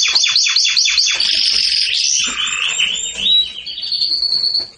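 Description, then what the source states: Canary song that opens with a fast run of repeated downward-sweeping notes, then moves into a smoother rolling trill and a held high whistle. Domestic canary singing in the Persian "rasmi" song style.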